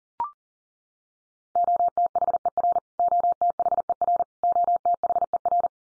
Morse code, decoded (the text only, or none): OTHER OTHER OTHER